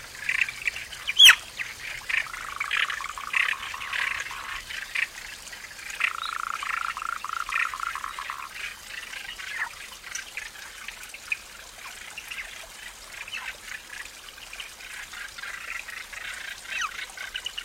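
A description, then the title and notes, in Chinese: A stream in autumn, its water babbling in a busy, fluttering run of bright gurgles that shift and bubble without pause. The burbling is fullest in the first half, with a sharp splash or knock near the one-second mark, then settles into a lighter, steady trickle. 大自然的声音_秋天溪流之歌。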